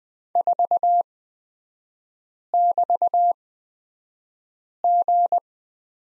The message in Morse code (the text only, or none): 4<BT>G